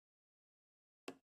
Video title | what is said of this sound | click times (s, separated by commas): Building Buckeye Drone's NAS | click and click | 1.1 s